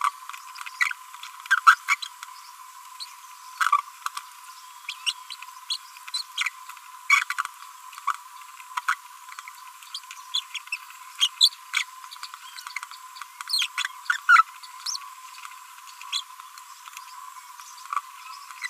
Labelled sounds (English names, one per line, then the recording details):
Green-rumped Parrotlet babbling
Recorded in a nest box in Venezuela
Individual 18B25A5